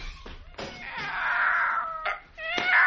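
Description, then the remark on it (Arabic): A voice imitates a cat in a play, giving drawn-out, wavering meows and yowls that rise and fall in pitch, broken by a few short scratchy knocks of scratching at a door. “تمثيلية القط”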